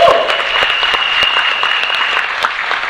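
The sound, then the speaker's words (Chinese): An audience claps steadily in a dense, continuous burst of applause at a gathering, welcoming attendees from Zhouhou, a bright crackle of many hands with occasional sharper individual claps standing out, sustained at a fairly even loudness throughout. “也掌声欢迎他们一下。”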